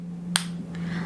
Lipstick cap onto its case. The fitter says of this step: and and the packaging when you close it also there is a click sound